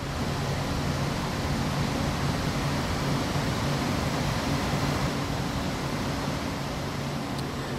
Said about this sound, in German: Weil die Klimaanlage, die hier die Lüftung macht, gibt einen Ton von sich. Kann man stimmen? Das ist der Ton.